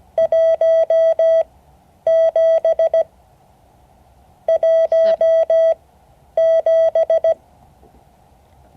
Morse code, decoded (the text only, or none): 17 17